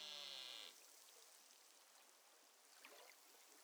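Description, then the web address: Beluga whale harmonic call, a bright tonal stack with falling lower tones, breaking off within the first second, then only steady underwater hiss. North Baffin, underwater recorder, 19 July 2015, 13:06:50 UTC. "BELUGA figures Baffin north"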